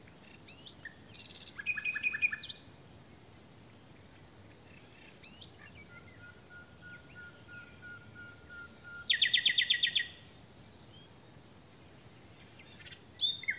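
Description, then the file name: Common nightingale song: varied phrases of rapid repeated notes, including a loud fast buzzy trill. "Luscinia megarhynchos"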